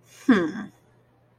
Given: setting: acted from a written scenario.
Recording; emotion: vocal sound without words; contempt